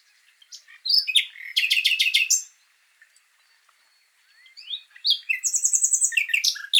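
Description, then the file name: Common nightingale singing two phrases, each a fast series of loud repeated notes, separated by a quiet gap with a faint rising whistle. "Luscinia megarhynchos"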